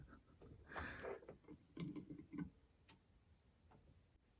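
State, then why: Not seated. A sapphire crystal is pressed with a crystal press into the case of a Seiko SNZH57 watch. Low mechanical rubbing and pressing noises are heard with a few short sharp ticks around 1.3, 1.8 and 2.9 seconds, but the click came only from the press machine. The crystal has not seated yet.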